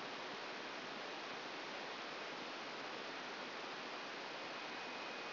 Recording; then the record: brain microelectrode recording played as sound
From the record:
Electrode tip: outside the subthalamic nucleus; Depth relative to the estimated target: 3 mm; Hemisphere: left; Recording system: AlphaMap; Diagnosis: Parkinson's disease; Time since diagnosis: 10 years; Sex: female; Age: 63 years